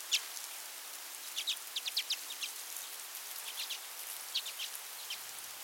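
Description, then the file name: Common redpoll calls, short dry chet notes given singly and in quick pairs or triplets, scattered throughout against constant hissing noise. "Acanthis flammea - Common Redpoll"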